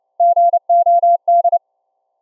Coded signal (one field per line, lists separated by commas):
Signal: Morse code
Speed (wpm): 29 wpm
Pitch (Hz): 690 Hz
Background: none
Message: GOD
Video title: ULF CW Raspberry pi SDR Transmitter & Laptop SDR Receiver for TTE Radio Comms between Cave & Surface